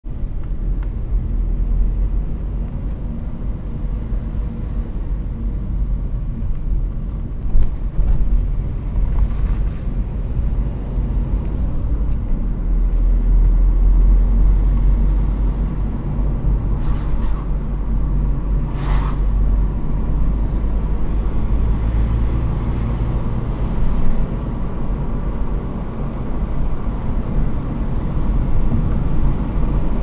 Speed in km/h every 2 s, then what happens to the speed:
19, 25, 22, 20, 25, 29, 33, 37, 36, 38, 40, 46, 46, 48, 51.
0-2 speeds up to 25. 2-7 steady at about 22. 7-30 speeds up to 51.